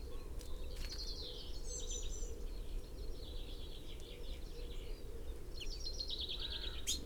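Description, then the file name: Common chaffinch calls: faint, high chirping phrases through much, clearest near the start and toward the end, over constant low background noise. "Fringilla coelebs"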